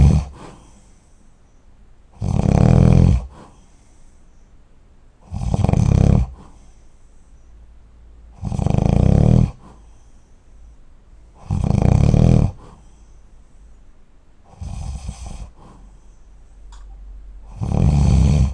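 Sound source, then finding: Adult during sleep. Snoring.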